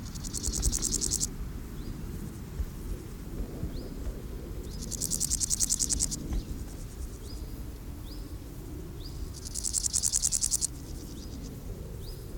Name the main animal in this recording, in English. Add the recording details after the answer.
Large Gold Grasshopper. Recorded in the wild. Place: Gößweinstein, Fränkische Schweiz, Bayern, DE. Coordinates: 49.72, 11.07. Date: 1995-09-06 12:19. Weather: schwach sonnig, 19,1°C. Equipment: Nagra SN, Sennheiser ME 80, Kopie Uher 4000 Report Monitor. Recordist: Tembrock, Günter. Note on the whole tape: Weg nach Stadelhofen (Waldwiese): Stridulation (längere Strecke) und Rivalenlaute